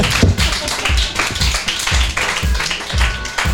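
applause

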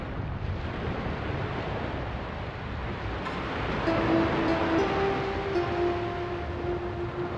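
ocean waves

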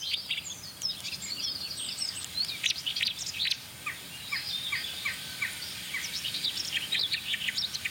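eurasian blackbird song

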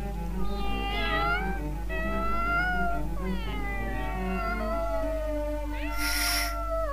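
cats meowing

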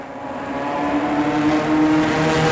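car engine driving

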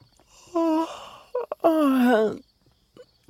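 yawn

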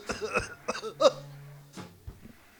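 coughing

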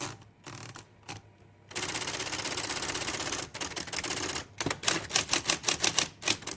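typewriter typing

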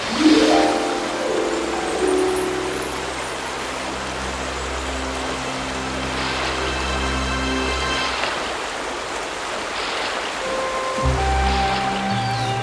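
flowing river water

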